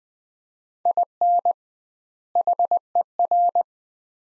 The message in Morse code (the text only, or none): IN HER